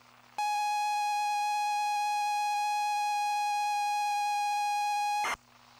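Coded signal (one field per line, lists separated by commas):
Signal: ZX Spectrum tape loading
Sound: a steady, buzzy, continuous tone around 800 Hz for five seconds, then it stops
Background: faint background hum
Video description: Loading a FLAC recording of Basil the Great Mouse Detective on a real Spectrum +2 (UK), with the wrong polarity. Loader is polarity-dependant and doesn't load.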